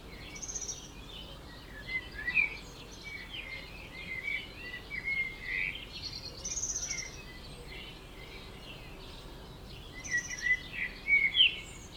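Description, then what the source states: Birds in a dawn chorus, many high chirps and short twittering phrases overlapping irregularly over a steady background hiss. Dawn chorus at 4am in Oberhofen, Inntal, Austria; binaural.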